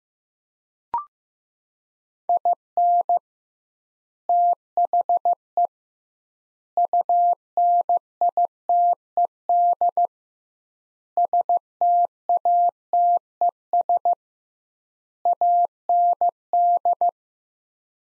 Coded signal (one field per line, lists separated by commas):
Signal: Morse code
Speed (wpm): 15 wpm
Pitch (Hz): 700 Hz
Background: none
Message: IN THE UNITED STATES AND